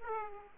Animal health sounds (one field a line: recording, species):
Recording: mosquito wingbeat signal from an infrared sensor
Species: Aedes aegypti